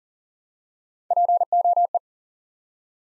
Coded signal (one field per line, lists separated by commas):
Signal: Morse code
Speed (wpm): 42 wpm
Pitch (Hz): 700 Hz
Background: none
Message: POE